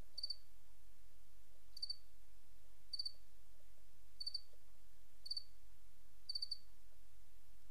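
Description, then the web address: Cricket chirps in quick pulsed bursts, repeated every second or so, over a low constant hum. "Sabda Alam Crickets"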